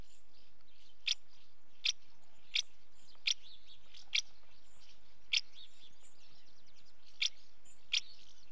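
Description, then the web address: House martin calls: eight short chirps spaced irregularly. Female calling at the nest. "BBC Sound Effects Library. House Martin"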